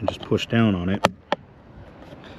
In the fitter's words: that snaps into place.